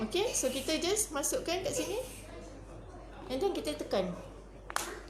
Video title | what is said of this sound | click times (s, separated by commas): CARA TEBUK LUBANG LANGSIR EYELET | Tu dengar tak bunyi ketak? So dah siap dah. | 4.7 s, 4.8 s